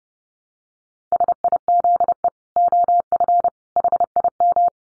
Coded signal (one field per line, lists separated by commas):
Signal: Morse code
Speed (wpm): 30 wpm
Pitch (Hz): 700 Hz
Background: none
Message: SIZE OF HIM